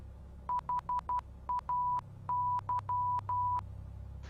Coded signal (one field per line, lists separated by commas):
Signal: Morse code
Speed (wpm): 12 wpm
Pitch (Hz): 990 Hz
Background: none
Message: HAY